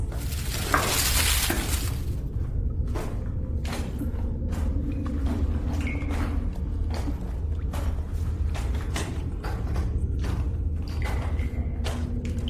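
Jungle sound-story scene: a brief rushing burst opens, then a steady low rumble runs beneath frequent sharp snaps and crackles, like twigs breaking.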